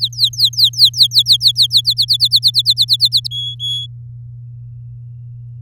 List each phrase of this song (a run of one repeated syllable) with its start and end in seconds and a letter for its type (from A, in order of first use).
0.00-1.82 A, 1.84-3.28 B, 3.31-3.86 C